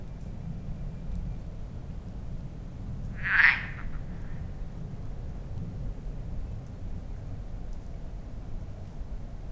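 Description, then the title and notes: Frog's single short croak midway through, with a faint trailing tail, against a steady low rumble and no other clear sounds. Frog at Lac de Barterand, Magnieu, France, with a fine echo revealing the hills around the lake; recorded with Sennheiser MKH8040 (stereo ORTF) and Zoom F8. "Lac de Barterand - Magnieu, France - Échos batraciens. Toujours commune la grenouille. Mais pas si banale cette situation d'écoute ! Avec ce bel écho qui révèle les collines environant le lac. Marc Namblard. Stéphane Marin"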